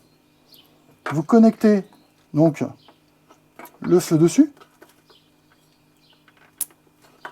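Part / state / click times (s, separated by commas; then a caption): daytime running light control box into its mounting on the car / seated / 6.6 s. While aftermarket daytime running lights are wired on a Tesla Model 3 or Model Y Propulsion, the lights' plastic control box is clipped into its mounting on the car. Someone talks over faint handling noises, then a sharp click at 6.6 s marks the box seating into place.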